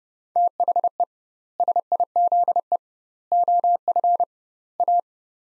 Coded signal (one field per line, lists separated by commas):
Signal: Morse code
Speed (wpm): 32 wpm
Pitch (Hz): 700 Hz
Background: none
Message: THE SIZE OF A